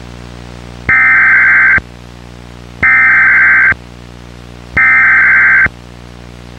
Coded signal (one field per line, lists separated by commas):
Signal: Emergency Alert System (SAME) tones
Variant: header bursts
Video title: (VALID TONES) EAS Recreation Mock - Tornado Emergency for Perryton, TX (06/13/2000)